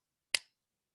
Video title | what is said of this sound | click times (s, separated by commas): How to Pack and Unpack Your Bike for Travel | I don't know if you if you hear that it clicks | 0.4 s